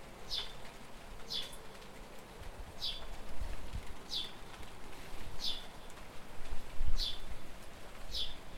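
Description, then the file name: House sparrow giving single bright chirps, seven in all, spaced roughly one to one and a half seconds apart, with a low rumbling background. "Passer domesticus"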